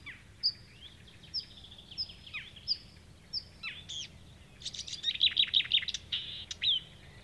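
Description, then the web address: Marsh warbler song: a series of short high whistled notes, then a louder rapid burst of trills and buzzy chatter. Recorded 6 June 2016. "fagelljud 20160606 karrsangare"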